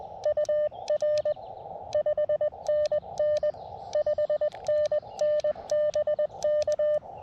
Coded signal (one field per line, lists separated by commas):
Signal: Morse code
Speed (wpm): 20 wpm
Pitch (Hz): 600 Hz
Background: none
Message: UR 5NN 5NN BK